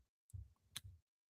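The small plastic fingers of a toy starship's stand piece are pushed into a tiny slot at the back of the engines. A faint sharp click sounds at 0.3 s and a louder, brighter click follows at 0.8 s, each over a low rustling handling noise. The stand piece ends up seated in the slot.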